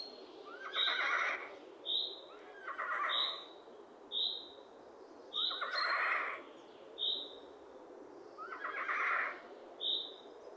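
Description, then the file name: Eurasian jay giving harsh, rasping screeches every two to three seconds, with short, high, thin notes between them. "Garrulus glandarius"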